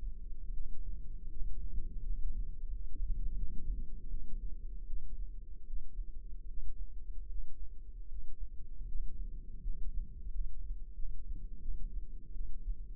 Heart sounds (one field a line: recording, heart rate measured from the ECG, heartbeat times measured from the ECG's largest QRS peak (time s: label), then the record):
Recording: heart sounds by microphone in the left ear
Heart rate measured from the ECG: 81 bpm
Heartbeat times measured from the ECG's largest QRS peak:
0.50 s: heartbeat
1.28 s: heartbeat
2.01 s: heartbeat
2.68 s: heartbeat
3.35 s: heartbeat
4.07 s: heartbeat
4.84 s: heartbeat
5.64 s: heartbeat
6.45 s: heartbeat
7.26 s: heartbeat
8.06 s: heartbeat
8.85 s: heartbeat
9.60 s: heartbeat
10.27 s: heartbeat
10.92 s: heartbeat
11.59 s: heartbeat
12.32 s: heartbeat
From the record:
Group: healthy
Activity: rest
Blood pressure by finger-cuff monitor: 98/54 mmHg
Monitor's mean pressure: 68 mmHg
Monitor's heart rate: 78 bpm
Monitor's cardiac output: 7 L/min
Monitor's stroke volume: 90 mL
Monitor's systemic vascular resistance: 700 dyn s/cm5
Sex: female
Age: 26 years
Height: 165 cm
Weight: 55 kg